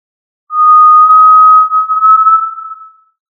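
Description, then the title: Tinamou giving one long pure whistle, steady in pitch, lasting about two and a half seconds and fading at the end, with no other sounds. "Familia Tinamidae - Quail - Puyuh"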